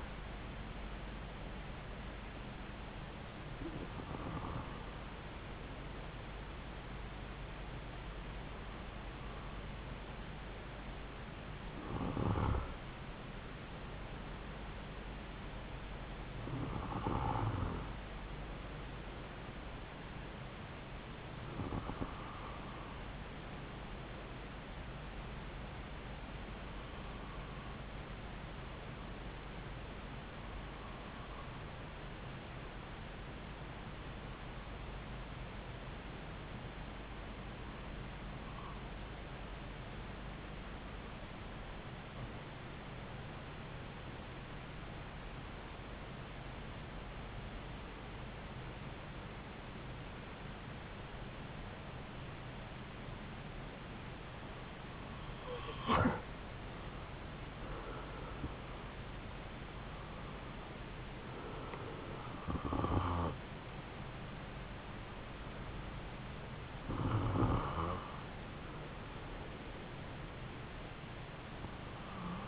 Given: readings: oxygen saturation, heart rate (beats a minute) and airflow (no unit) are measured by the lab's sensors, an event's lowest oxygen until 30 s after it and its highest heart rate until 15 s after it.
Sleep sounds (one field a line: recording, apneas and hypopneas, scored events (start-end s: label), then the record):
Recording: breathing in sleep by a voice recorder at the bedside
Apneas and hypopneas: 1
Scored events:
11.00-72.48 s: new sleep stage, REM sleep
32.00-59.10 s: hypopnea (REM, oxygen 95% highest, then 90% lowest)
From the record:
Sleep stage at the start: N2 (light sleep)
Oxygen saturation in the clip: 92 to 96%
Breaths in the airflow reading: 14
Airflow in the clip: -6.6 to 5.4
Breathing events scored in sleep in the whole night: 270 in 6.1 hours asleep